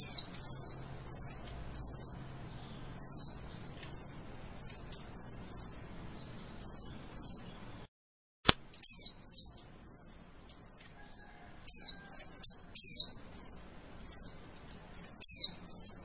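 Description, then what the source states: White-eye chirping in quick runs of high, thin, down-slurred notes, with louder accented chirps between them and a short silent gap partway through. Female white-eye, recording described as vigorous, active calling ('gacor').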